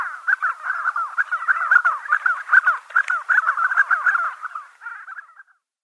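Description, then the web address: Spotted sandgrouse calls: a dense, bubbling stream of short liquid notes, fast and irregular, fading away after about five seconds. "Schulze Peter Spotted Sandgrouse"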